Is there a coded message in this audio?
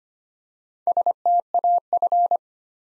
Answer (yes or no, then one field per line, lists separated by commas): yes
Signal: Morse code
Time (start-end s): 0.9-2.4 s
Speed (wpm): 25 wpm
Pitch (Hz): 700 Hz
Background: none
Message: STAF